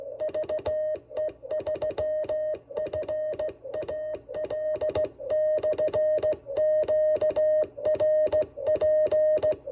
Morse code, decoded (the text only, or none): VE3FAL/QRP